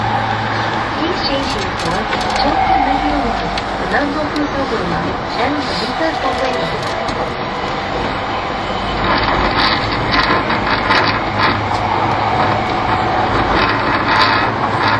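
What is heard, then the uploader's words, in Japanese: Ride aboard an E231 series Yamanote Line train on the outer loop, with a steady low rumble of the running train throughout. Faint voices murmur in the first half, and clicking, rattling mechanical sounds grow denser and brighter from about nine seconds on. E231系 山手線外回り01 東京～東京。2010年代当時山手線で主力車両だった、E231系山手線外回りを収録したものです。音の旅(走行音)。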